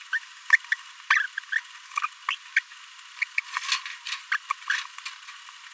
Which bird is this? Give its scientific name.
Forpus passerinus